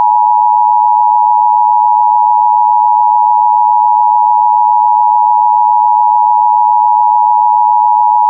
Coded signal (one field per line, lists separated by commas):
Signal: Emergency Alert System (SAME) tones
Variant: 853 and 960 Hz attention tone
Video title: SCP EAS